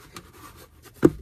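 The plastic glove box of a Subaru Outback Wilderness Turbo has its sides squeezed as it closes so the side stops pass into the dashboard opening. Faint rubbing and a small tap near 0.2 s lead to a sharp, louder click at 1.1 s. The side stops seat in the opening.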